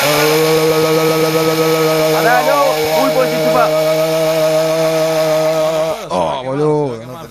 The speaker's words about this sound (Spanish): Eso duele, che, negro, mira lo que está haciendo este pibe con el taladro.